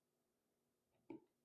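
A second plastic handle is being slipped into the slots on the other side of an EOENVIVS storage bin lid. Faint rustling leads to a brief, sharp handling knock at about 1.1 s. The handle has not clicked or seated yet.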